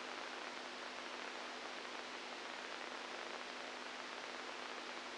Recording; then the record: brain microelectrode recording played as sound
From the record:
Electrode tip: inside the subthalamic nucleus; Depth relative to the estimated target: 0 mm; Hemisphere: right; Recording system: NeuroSet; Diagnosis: Parkinson's disease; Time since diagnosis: 10 years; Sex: female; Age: 67 years